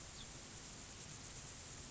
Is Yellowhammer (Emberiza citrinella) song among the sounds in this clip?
no